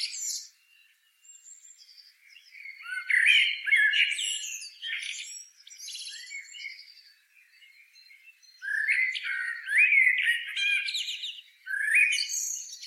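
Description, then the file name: Common blackbird, quiet opening then louder bursts of warbled notes topped with high twittering, with quieter stretches between. "Turdus merula"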